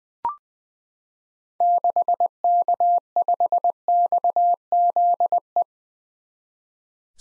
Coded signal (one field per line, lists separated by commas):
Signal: Morse code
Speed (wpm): 20 wpm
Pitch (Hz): 700 Hz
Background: none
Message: 6K5XZE